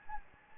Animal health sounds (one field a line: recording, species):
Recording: mosquito wingbeat signal from an infrared sensor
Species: Anopheles gambiae